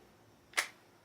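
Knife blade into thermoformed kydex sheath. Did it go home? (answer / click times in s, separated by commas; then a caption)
yes / 0.6 s. A knife blade is pushed back into a thermoformed basket weave kydex sheath and snaps past the retention point with a single sharp, bright click at 0.6 s, which fades quickly against a quiet background. The knife is seated in a tight sheath with no shakes or rattles.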